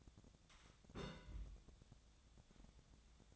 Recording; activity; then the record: daily activity, microphone in the room; place on stove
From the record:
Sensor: 3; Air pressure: 1000.0 hPa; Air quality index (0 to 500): 125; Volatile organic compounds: 2 ppm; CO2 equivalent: 1123 ppm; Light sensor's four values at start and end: 44/112/48/53 and 44/112/48/53